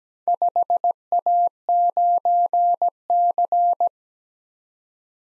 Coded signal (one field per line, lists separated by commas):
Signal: Morse code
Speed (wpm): 17 wpm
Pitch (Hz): 700 Hz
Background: none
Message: 5A9C